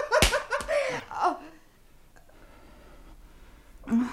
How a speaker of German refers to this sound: Entschuldigen Sie die Ohrfeige. Nein, nein. Nein, das war ganz richtig